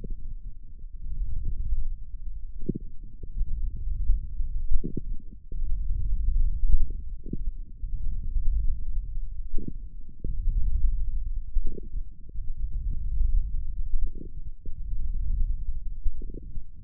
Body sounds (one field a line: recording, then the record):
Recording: forearm muscle sounds (acoustic myography)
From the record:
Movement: wrist flexion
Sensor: system 1, eight BSWA MPA416 microphones around the upper forearm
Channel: 8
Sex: male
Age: 18 years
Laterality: right